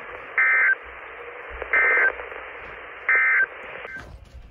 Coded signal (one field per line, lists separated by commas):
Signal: Emergency Alert System (SAME) tones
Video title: Raleigh, Im from Virginia, Not North Carolina (5/1/22) (EAS #137-141)